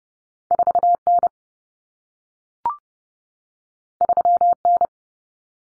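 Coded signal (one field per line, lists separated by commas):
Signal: Morse code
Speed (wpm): 30 wpm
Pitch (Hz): 700 Hz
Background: none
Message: 4N 3N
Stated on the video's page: Head-copy drill of two-digit cut numbers (T, A, N for 0, 1, 9) at 30 wpm, sent, spoken, then sent again.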